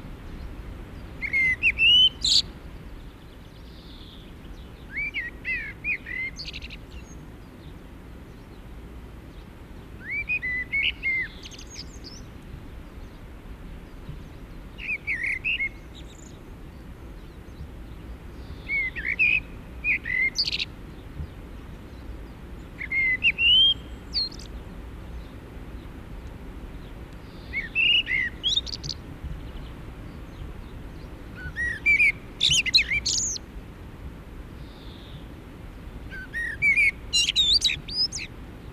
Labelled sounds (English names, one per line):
Common Blackbird song